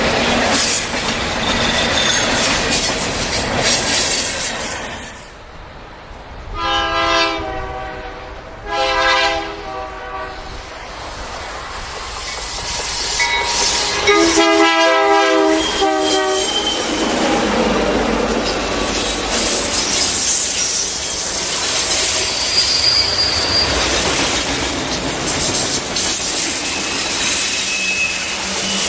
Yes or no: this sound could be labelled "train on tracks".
yes